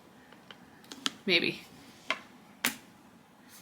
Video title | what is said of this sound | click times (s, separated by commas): Momcozy S9Pro Review | locked in place this is not coming off | 2.1 s, 2.7 s